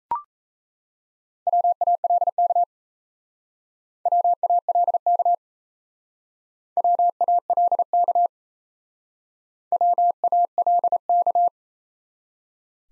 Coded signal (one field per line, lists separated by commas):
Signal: Morse code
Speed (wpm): 36 wpm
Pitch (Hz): 700 Hz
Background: none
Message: WALK WALK WALK WALK